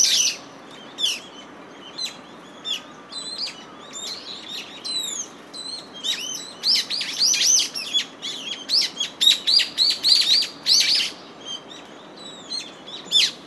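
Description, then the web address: Brown-eared bulbul calls: many sharp, high chirps and squeaky notes, some rising and falling, crowding together in lively bursts, over a steady hiss. "izumino saunndo hiyo"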